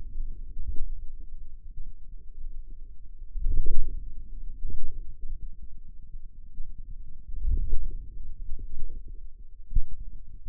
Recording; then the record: forearm muscle sounds (acoustic myography)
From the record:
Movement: ulnar deviation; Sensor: system 2, bracelet of six BSWA MPA416 microphones around the upper forearm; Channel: 6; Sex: female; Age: 21 years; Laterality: right